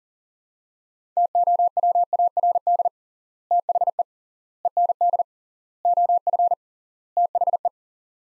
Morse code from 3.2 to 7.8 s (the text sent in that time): THE END OF THE